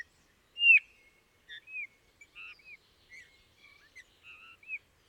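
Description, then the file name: Eurasian bullfinch giving one loud whistle followed by several soft, piping, slurred notes. "Pyrrhula pyrrhula"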